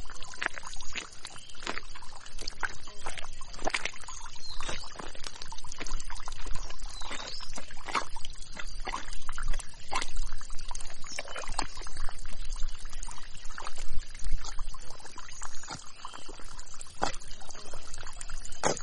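Early morning by a river: water laps and trickles steadily, with frequent sharp clicks and splashes and a faint bright hiss above.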